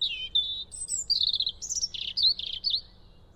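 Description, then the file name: European robin song: a continuous liquid warble of quick slurred notes, high whistles and trills, changing pitch often. "Erithacus rubecula"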